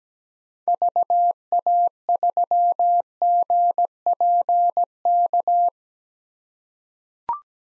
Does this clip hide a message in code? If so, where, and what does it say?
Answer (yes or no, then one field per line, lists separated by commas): yes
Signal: Morse code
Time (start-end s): 0.7-5.7 s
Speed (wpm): 17 wpm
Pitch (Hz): 700 Hz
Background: none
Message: VA3GPK